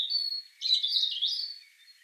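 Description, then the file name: European robin holding a thin high whistled note, then a brief rich jumble of tumbling notes. "Erithacus rubecula"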